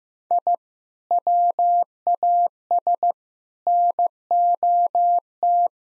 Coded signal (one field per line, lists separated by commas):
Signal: Morse code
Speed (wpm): 15 wpm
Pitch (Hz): 700 Hz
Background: none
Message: I WAS NOT